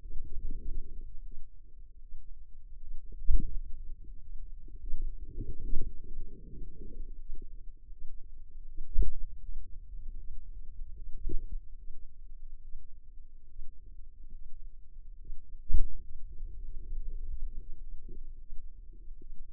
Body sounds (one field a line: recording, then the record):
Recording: forearm muscle sounds (acoustic myography)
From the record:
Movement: finger pinch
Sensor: system 2, bracelet of six BSWA MPA416 microphones around the upper forearm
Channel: 2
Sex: female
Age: 25 years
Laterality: right